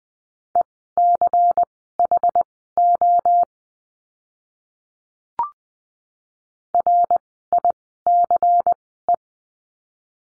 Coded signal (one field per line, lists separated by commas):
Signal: Morse code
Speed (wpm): 20 wpm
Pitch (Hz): 700 Hz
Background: none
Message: ECHO RICE